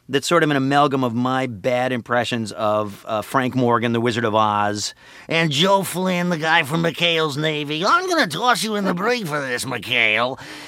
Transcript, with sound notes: That's sort of an amalgam of my bad impressions of Frank Morgan, the Wizard of Oz, (impersonating Joe Flynn) and Joe Flynn, the guy from "McHale's Navy." I'm going to toss you in the brig for this, McHale.